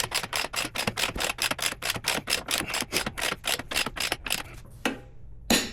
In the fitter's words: There's a click. 50 foot-pounds.